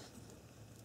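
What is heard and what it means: The plastic wiring connector of an air fuel sensor is handled as it is brought back toward its engine harness plug, giving a steady low rustle with a brief soft tick around 0.3 seconds. Nothing has seated or clicked yet.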